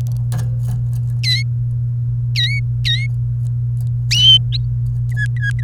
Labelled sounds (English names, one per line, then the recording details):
Domestic Canary song
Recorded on 29 April 2018 at 10:30
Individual llb3